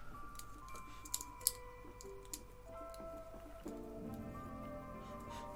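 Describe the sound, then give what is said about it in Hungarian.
A plastic bag crinkles steadily, with an irregular stream of crisp crackles and a few sharp, louder snaps, over a soft sustained tonal hum. “A zacskóval bezzeg beszakítja a dobhártyánkat.”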